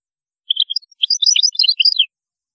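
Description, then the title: Goldfinch singing a short, fast burst of bright chirping and twittering notes lasting about a second and a half. "Chant Chardonneret"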